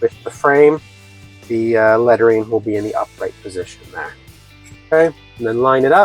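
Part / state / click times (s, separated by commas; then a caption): modular switch/socket module into wall plate frame / not seated / none. A plastic modular switch or socket module, held upright with its lettering upright, is lined up with its wall plate mounting frame while someone talks over a faint steady background. The module is handled but not yet pushed home, so nothing has seated or clicked into the frame yet.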